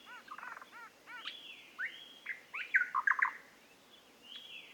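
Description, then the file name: Eastern nicator giving a short rattle and scattered liquid notes, then a loud burst of chuck notes. "British Library - Eastern Nicator Nicator gularis"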